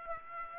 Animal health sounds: mosquito wingbeat signal from an infrared sensor; Aedes aegypti

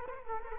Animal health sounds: mosquito wingbeat signal from an infrared sensor; Culex quinquefasciatus

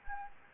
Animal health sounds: mosquito wingbeat signal from an infrared sensor; Anopheles gambiae

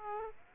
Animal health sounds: mosquito wingbeat signal from an infrared sensor; Aedes aegypti

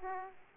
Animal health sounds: mosquito wingbeat signal from an infrared sensor; Aedes aegypti

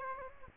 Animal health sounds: mosquito wingbeat signal from an infrared sensor; Aedes aegypti

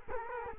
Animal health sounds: mosquito wingbeat signal from an infrared sensor; Culex quinquefasciatus

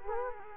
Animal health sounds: mosquito wingbeat signal from an infrared sensor; Culex quinquefasciatus

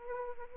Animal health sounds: mosquito wingbeat signal from an infrared sensor; Anopheles arabiensis

